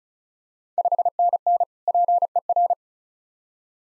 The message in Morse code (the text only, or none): 5NN PER